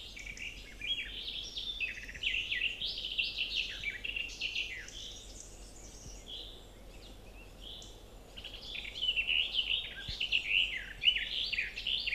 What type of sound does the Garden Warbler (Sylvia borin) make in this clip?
song